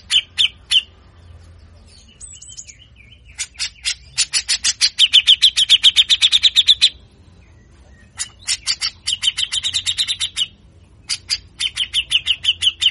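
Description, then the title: Grey-cheeked bulbul rasping song in fast trains of rough, buzzy pulses, several bursts with short gaps and a faint thin whistle early on. Master recording for training cage birds; harsh, coarse 'besetan' song style, long duration, bird in full singing form. "MASTERAN CUCAK JENGGOT GACOR FULL BESETAN KASAR DURASI PANJANG"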